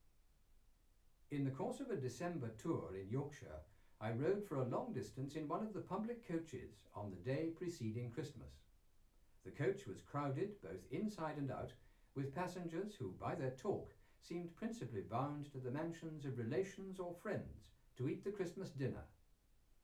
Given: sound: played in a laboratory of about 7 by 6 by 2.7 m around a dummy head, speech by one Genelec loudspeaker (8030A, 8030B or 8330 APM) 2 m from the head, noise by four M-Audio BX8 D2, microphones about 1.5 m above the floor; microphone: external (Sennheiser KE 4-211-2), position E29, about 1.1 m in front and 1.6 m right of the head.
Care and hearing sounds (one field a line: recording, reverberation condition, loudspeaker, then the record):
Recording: male speech in English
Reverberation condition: low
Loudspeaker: 120 degrees to the left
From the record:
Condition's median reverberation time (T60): about 310 ms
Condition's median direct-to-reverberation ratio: about 3.5 dB